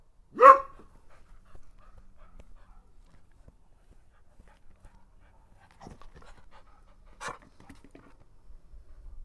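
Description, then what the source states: Dog giving one loud, sharp bark near the start, followed by long quiet stretches with a couple of faint soft sounds. Mixed-breed dog named Mia.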